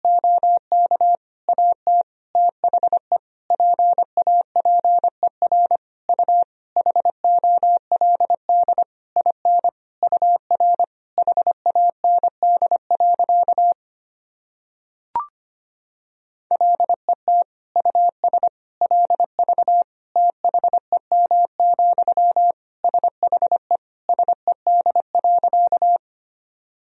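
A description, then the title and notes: A steady mid-pitched tone keys on and off in Morse code, short dots and longer dashes in quick, regular groups. It runs for about fourteen seconds, pauses with a single click near fifteen seconds, then resumes until about twenty-six seconds. The background is silent. These sentences are composed of the Top 400 words and Morse code abbreviations. First, the words and abbreviations are sent in Morse code.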